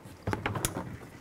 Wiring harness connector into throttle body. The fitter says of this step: one last thing is go ahead and connect your throttle body back in make sure it clicks